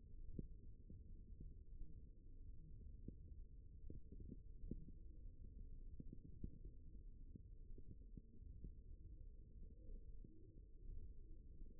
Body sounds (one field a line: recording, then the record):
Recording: forearm muscle sounds (acoustic myography)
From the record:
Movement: thumb flexion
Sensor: system 1, eight BSWA MPA416 microphones around the upper forearm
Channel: 7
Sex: male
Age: 54 years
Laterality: right